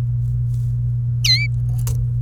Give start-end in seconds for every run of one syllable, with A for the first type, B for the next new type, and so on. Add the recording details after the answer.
1.24-1.47 A. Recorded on 27 April 2018 at 16:26. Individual llb3